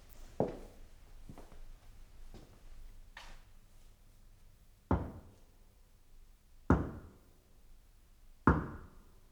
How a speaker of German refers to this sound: Haben Sie keine Furcht und nehmen Sie die Binde nicht eher von den Augen, bis Sie drei laute Schläge an eine Tür hören.